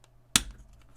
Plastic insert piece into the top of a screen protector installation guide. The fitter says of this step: You'll hear a little click, just like that.